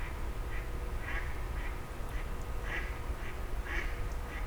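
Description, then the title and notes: Grey heron calls, short harsh notes repeated in a loose series over a steady low rumble of traffic. Several grey herons exchanging calls at 04:00 as traffic gradually resumes, Fenouillet, France. "44 Rue des Gourgues, 31150 Fenouillet, France - 04h00-Dialogue de Hérons cendrés. 04h00-Alors que la circulation reprend peu à peu, des hérons cendrés se font des politesses"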